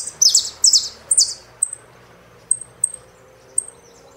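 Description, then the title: Saffron finch with three loud, bright, falling chirps, followed by a handful of soft, high, spaced-out ticks. "Jilguero Argentino"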